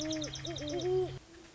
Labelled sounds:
Great Horned Owl
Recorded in Sonoma County, California

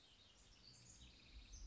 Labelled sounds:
House Wren
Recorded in Sonoma County, California

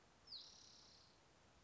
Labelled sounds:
Spotted Towhee
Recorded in Sonoma County, California

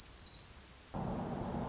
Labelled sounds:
Orange-crowned Warbler
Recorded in Sonoma County, California

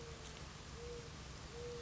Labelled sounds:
Mourning Dove
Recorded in Sonoma County, California

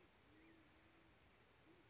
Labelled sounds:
Band-tailed Pigeon
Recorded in Sonoma County, California

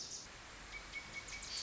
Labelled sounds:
Wilson's Warbler
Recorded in Sonoma County, California

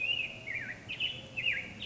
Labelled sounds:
Black-headed Grosbeak
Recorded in Sonoma County, California

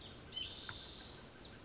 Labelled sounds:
White-breasted Nuthatch
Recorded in Sonoma County, California

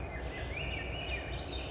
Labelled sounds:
Swainson's Thrush
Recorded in Sonoma County, California

